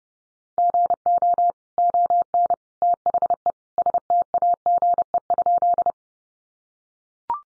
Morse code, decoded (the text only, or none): GO ON THE STAGE?